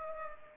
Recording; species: mosquito wingbeat signal from an infrared sensor; Culex pipiens